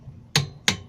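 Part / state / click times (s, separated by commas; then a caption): click-type torque wrench on a motorcycle engine bolt / torque reached / 0.4 s, 0.7 s. A click-type torque wrench set to 22 tightens an engine cover bolt on a CM400E motorcycle, giving two sharp, bright clicks at 0.4 s and 0.7 s over a quiet background. The wrench clicks at its setting and the bolt is confirmed done at 22.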